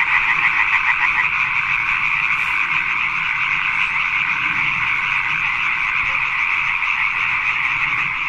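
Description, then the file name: Natterjack toad, a loud continuous rasping trill of rapid pulses held steadily throughout. "hylacalamita"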